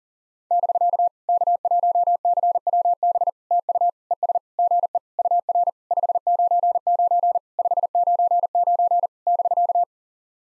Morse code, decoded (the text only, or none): <BK> K1CWB TU ES GE UR 599 599 <BK>